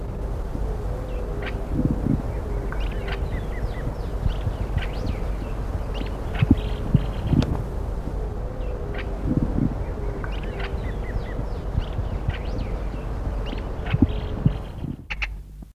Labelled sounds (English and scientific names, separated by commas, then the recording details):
Ringed Kingfisher (Megaceryle torquata) call
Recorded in the wild
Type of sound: call
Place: El Palmar-Nationalpark, AR
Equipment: Halbspur, 9,5 cm/s
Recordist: Lütgens, Hans
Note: Rufe